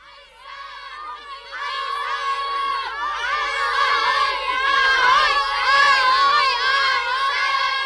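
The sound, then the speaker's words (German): A crowd of children shouting and yelling excitedly, many high overlapping voices rising into a loud, continuous din of cheers and cries during a snowball fight on a building site. “Und dann sausten Martin, Johnny und Mats zurück zum Bauplatz, wo die Schneeballschlacht im vollen Gange war.”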